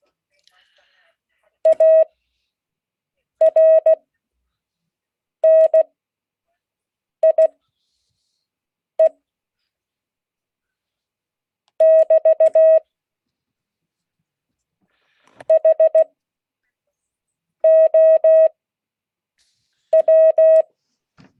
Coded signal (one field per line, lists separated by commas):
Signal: Morse code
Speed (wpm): 16 wpm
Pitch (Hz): 640 Hz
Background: none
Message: ARNIE <BT> HOW